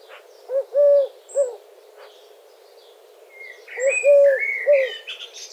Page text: Горлица кольчатая